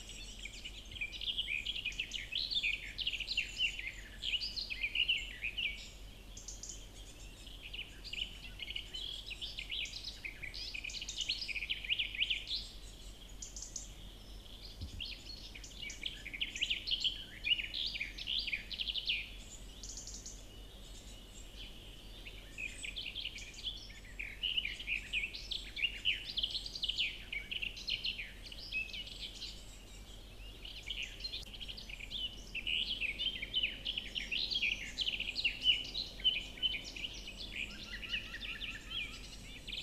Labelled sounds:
Garden Warbler song
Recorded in the wild
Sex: male
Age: adult
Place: Marburg, Hessen, DE
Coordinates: 50.8136, 8.76417
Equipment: Uher 4100 Report-V, Sennheiser MKH 804, Kopie DAT
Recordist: Brunner, Thomas
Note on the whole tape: Gesang einer Gartengrasmücke, 1970

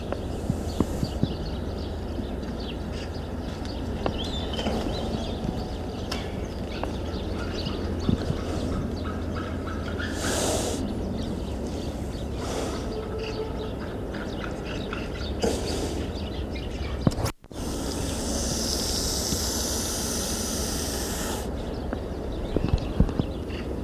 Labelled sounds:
Wapiti
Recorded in captivity
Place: Tierpark Berlin, Berlin, DE
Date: 1970-12-20
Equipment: Uher 4200 Report Stereo, Sennheiser MD 421 (z.T. mit Tesla-Verstärker)
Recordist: Tembrock, Günter

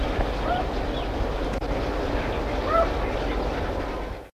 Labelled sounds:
Western Capercaillie call
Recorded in captivity
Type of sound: call
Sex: female
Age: adult
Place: Alpenzoo Innsbruck, Tirol, AT
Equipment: Halbspur, 9,5 cm/s
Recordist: Lütgens, Hans
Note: Henne lockt

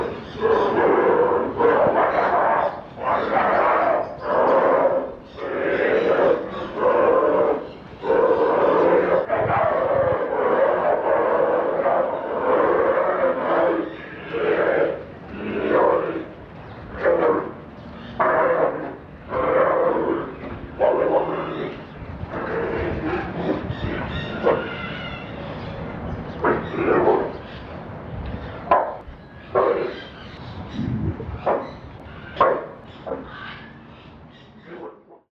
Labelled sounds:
Polar Bear
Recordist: Tembrock, Günter
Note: 5 gut halbwüchsige Jungtiere, alle gleich alt: agonistisches Verhalten bei Streit um Futter

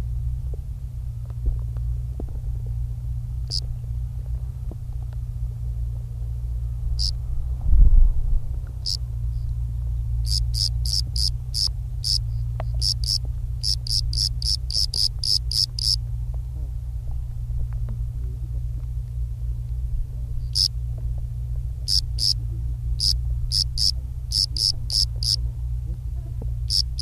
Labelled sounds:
Bordeaux Cricket stridulation
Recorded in the wild
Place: Brazo de la Torre, ES
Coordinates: 37.0958, -6.18
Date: 1971-03-26
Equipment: Uher Report 4200, AKG D190C in Doppel-Parabolreflektor
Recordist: Krey, Winfried

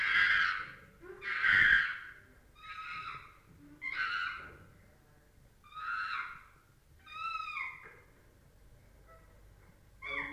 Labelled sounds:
Chimpanzee
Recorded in captivity
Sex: diverse
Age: adult
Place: Tierpark Berlin, Berlin, DE
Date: 1961-01-18
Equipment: Smaragd
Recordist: Korde and Stein

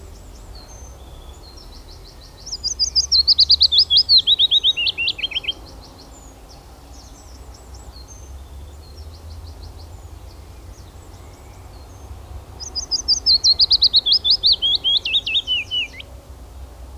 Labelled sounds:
Willow Warbler song
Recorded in the wild
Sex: male
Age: adult
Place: Schloß Holte-Stukenbrock, Senne, Nordrhein-Westfalen, DE
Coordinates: 51.8708, 8.66833
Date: 1972-05-01
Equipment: Uher 4200 Report Stereo, Bändchenmikro Beyer M 260, Parabolspiegel Polyester (600 mm)
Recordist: Conrads, Klaus

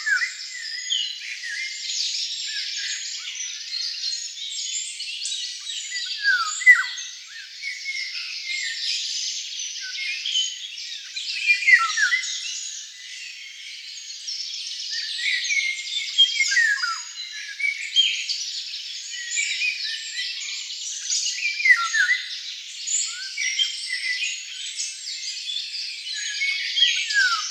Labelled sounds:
Eurasian Golden Oriole song
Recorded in the wild
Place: Oberrotweil am Kaiserstuhl, Baden-Württemberg, DE
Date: 1995-05-06
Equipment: Dat-Recorder Casio DA 7, Telinga DAT, Telinga-Parabolspiegel
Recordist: Schwarz, Dieter

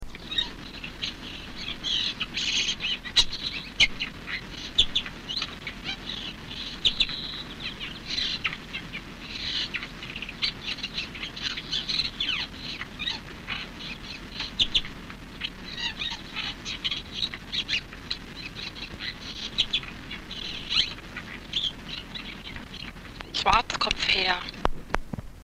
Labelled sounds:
Steller's Jay call
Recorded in captivity
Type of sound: call
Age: adult
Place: Tierpark Berlin, Berlin, DE
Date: 1964-03-10 12:46
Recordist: Altmann, Dagmar
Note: Altern. Schwarzkopfhäher: diverse Rufe

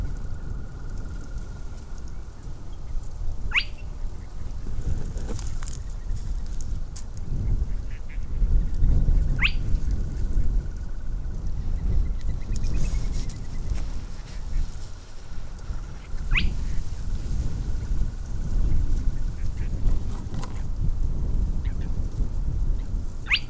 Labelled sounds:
Spotted Crake
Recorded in the wild
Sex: male
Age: adult
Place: Falkenberger Rieselfelder, Barnim, Berlin, DE
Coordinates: 52.58, 13.5544
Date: 1995-04-30 21:45
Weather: bedeckt, ca. 10°C, schwacher bis mäßiger Wind
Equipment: Sony TCD-D3, Sennheiser ME 80, K 30 AV (III), Windschutz
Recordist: Frommolt, Karl-Heinz

